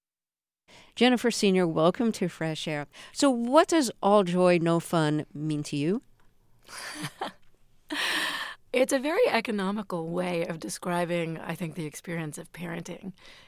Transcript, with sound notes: Jennifer Senior, welcome to FRESH AIR. So what does all joy, no fun mean to you?
(LAUGHTER)
It's a very economical way of describing, I think, the experience of parenting.